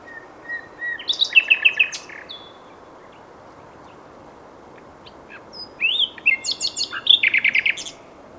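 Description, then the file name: Common nightingale song: two phrases of rapid, loud repeated staccato chirps, the first opening with soft notes. "Luscinia megarhynchos"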